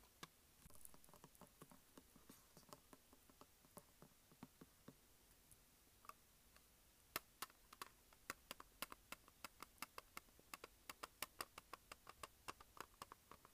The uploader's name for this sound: Tapping and Scratching Plastic Case